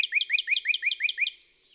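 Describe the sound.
Northern cardinal song: a quick run of about eight clear upslurred whistled notes, evenly spaced and rapid, ending abruptly with faint background hiss.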